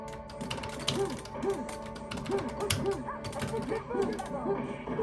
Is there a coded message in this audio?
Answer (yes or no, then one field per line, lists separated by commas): no